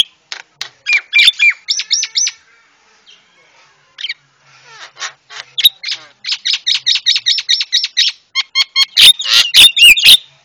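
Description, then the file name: Javan myna song: bursts of rapid chattering and whistled notes separated by quieter pauses, then a dense, loud, clicking finish. Masteran for training cage birds; white-eyed form (mata putih). "masteran jalak kebo mata putih"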